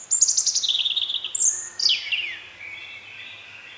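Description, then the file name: European robin giving one high, liquid song phrase: fast tinkling notes sliding downward, then a soft fading warble. "Erithacus rubecula"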